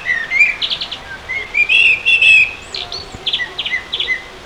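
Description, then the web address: Eurasian blackbird song: whistled phrases mixed with higher twittering notes, in short bursts with brief pauses between them. "stefanopozzo merlo"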